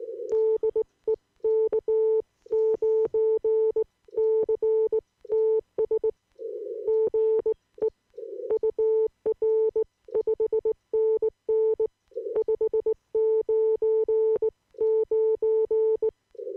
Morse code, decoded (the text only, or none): DE K9CTS GE UR 5NN 599